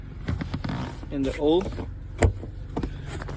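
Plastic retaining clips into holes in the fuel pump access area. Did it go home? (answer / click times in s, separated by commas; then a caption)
yes / 2.2 s. Plastic retaining clips are pressed back into their holes in the fuel pump access area of a Hyundai Veloster 1.6 Turbo after a fuel pump replacement, done to fix an engine stall, no-start and hesitation. Someone talks while small handling knocks are heard, then a sharp snap at 2.2 s as a clip seats.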